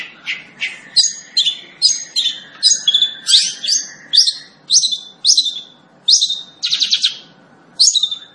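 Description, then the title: Long-tailed shrike song of varied squeaky, buzzy phrases delivered in quick succession, including a short rattling trill near the end. Singing lively, described by the Indonesian term gacor. "Cendet Gacor"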